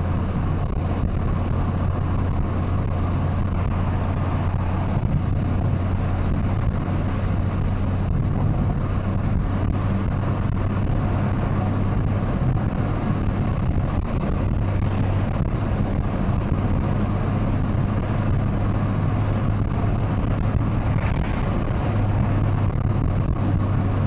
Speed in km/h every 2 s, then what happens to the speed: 102, 104, 106, 108, 110, 113, 114, 113, 114, 118, 120, 113.
0-19 speeds up to 120.